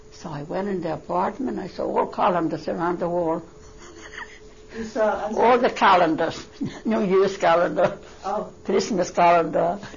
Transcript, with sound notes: So I went in the apartment, I saw all calendars that's around the wall. ( she laughs ) All the calendars. New Years' calendars, Christmas calendar,